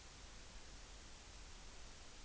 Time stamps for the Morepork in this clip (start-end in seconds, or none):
none